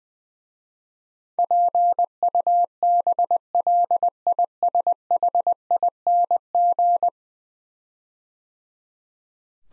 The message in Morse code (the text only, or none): PUBLISHING